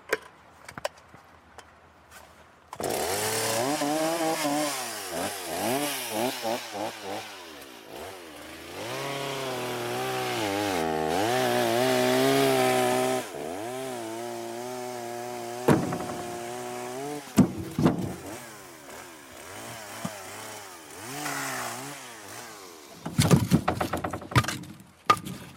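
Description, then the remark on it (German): A cold chainsaw engine sputters to life as it warms up, revving in uneven bursts with its pitch rising and falling, stalling briefly because it is still cold before catching again and settling into a rough, loud idle. “Die Säge ist jetzt noch kalt, die muss jetzt erstmal warm laufen. Darum geht die am Anfang erst ein paar Mal aus.”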